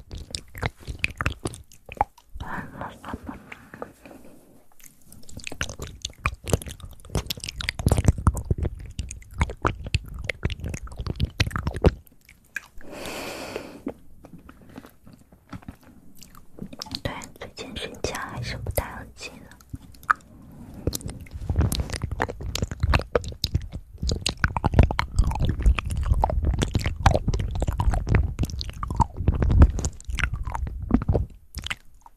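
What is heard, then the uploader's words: Fast mouth sounds: wet clicks, smacks and chewing-like crunches come in rapid, uneven bursts, with brief quiet gaps near 5 and 12 seconds. A soft whispered stretch around 13 seconds breaks the pattern before the dense clicking returns and builds louder toward the end. ASMR Fast Mouth Sounds.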